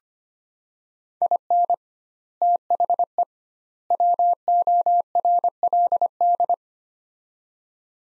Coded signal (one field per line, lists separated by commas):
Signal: Morse code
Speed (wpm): 25 wpm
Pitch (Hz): 700 Hz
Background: none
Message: IN THE WORLD